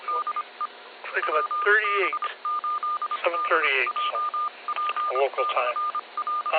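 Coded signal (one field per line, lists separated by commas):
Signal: Morse code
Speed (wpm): 25 wpm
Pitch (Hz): 1210 Hz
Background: speech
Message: DE WB8DJP/R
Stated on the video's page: Amateur club net on 2 meters, 146.64 MHz, received on a Flex 6700 with preamp and Mosley 5/8 base antenna.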